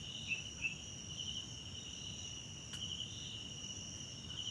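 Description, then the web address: Cricket chorus of steady high trilling, with a couple of brief louder chirps near the start and a sharp click midway. Background crickets at night in a wetland park at Kosi Forest Lodge, South Africa. "Tonschliff - SOUTH AFRICAN CRICKETS BG South Africa Wetland Park Kosi Forest Lodge Night"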